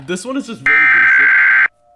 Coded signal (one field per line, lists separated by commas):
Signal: Emergency Alert System (SAME) tones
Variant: header bursts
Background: speech